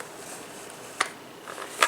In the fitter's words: as you can hear can you hear it lock and